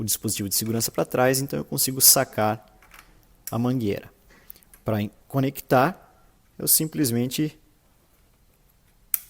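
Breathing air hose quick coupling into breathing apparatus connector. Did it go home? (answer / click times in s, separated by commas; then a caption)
yes / 9.1 s. A breathing-air hose's quick-connect coupling is pushed onto the breathing apparatus connector until it clicks and locks. Someone talks for most of the clip, then after a quiet pause a sharp, loud click is heard at 9.1 s as the coupling seats.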